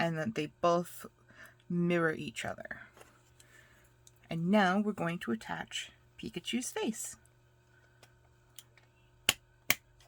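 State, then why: Seated. Someone talks while Pikachu's face piece is pressed onto the head and body of a partly built 3D puzzle model. Two sharp, loud clicks sound at 9.3 s and 9.7 s as the face piece clicks into place, and it is seated and attaches well.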